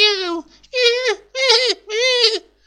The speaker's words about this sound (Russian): Слышится писк котят.